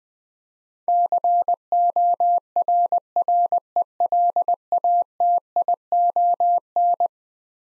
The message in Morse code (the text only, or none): CORRELATION